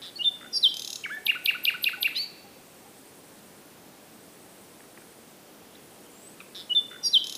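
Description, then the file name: Common nightingale song: a whistled opening, then a fast series of repeated sharp notes, a long pause, and the start of another phrase. "Luscinia megarhynchos"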